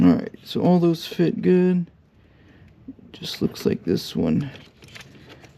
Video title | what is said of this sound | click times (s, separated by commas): Installing Factory Aux Switches in a 19+ Ram 2500/3500 Part 2 | just doesn't want to go and lock into place. So, I'm have to replace this one. | none